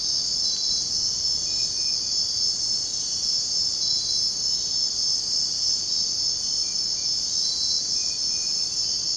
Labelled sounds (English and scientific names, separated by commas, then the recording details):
none
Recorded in dense forest near Puerto Asís, Putumayo, Colombia, on 24 June 2025 at 05:00
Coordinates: 0.499, -76.324
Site G100